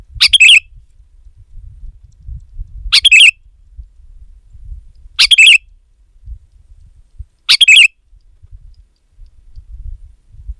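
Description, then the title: Sooty-headed bulbul singing short, bubbly chirped phrases, one roughly every two and a half seconds, four in all, over a faint low rumble. "kutilang"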